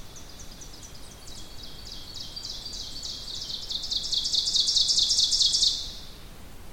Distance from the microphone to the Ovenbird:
about 20 m